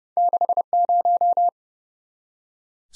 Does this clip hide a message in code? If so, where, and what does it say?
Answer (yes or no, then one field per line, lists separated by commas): yes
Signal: Morse code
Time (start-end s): 0.2-1.5 s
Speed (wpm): 30 wpm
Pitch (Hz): 700 Hz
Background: none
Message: 60